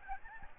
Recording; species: mosquito wingbeat signal from an infrared sensor; Aedes albopictus